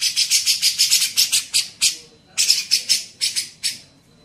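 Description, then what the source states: Grey-cheeked bulbul song: a rapid run of harsh, buzzy bursts, a pause, then another shorter run. Used for training songbirds (masteran).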